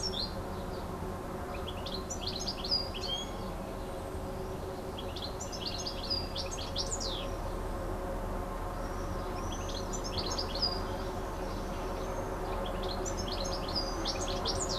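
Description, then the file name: Bird song: scattered phrases of high chirps and quick sweeping notes, recurring every few seconds over steady low background noise. Recorded on an MZ-N 710 device, dated 26 06 14. "Chant d oiseau 26 06 14"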